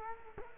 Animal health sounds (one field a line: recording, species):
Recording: mosquito wingbeat signal from an infrared sensor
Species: Culex quinquefasciatus